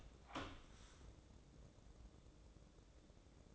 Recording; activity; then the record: daily activity, microphone in the room; open door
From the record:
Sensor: 3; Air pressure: 1012.3 hPa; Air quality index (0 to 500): 182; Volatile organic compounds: 3 ppm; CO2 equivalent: 1386 ppm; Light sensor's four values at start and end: 561/1397/577/593 and 562/1399/578/594